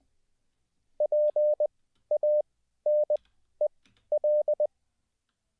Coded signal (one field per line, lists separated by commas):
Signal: Morse code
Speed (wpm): 20 wpm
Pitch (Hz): 600 Hz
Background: none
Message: PANEL